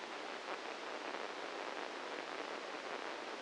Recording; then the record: brain microelectrode recording played as sound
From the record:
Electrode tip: inside the subthalamic nucleus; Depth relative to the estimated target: 0 mm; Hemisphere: right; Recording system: NeuroSet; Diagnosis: Parkinson's disease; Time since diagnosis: 7 years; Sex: male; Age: 44 years